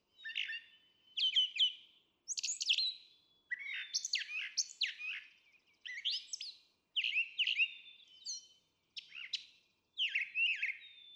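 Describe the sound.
Brown Thrasher song, a long run of varied whistled and chattering phrases, each group separated by short pauses, sounding clean against a quiet background.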